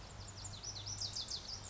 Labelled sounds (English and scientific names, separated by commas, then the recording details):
Lazuli Bunting (Passerina amoena)
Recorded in Sonoma County, California